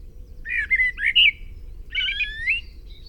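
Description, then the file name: Common blackbird singing two short mellow whistled phrases, each a slurred fluty run with a brief squeaky edge, over faint low hum. "Turdus merula"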